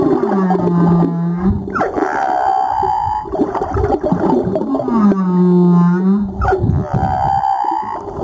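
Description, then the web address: Humpback whale song alternating a low droning moan with higher whoops that sweep upward, repeated twice, over rumbling underwater noise. Recorded 17 April 2022. "2022 04 17 jubarte"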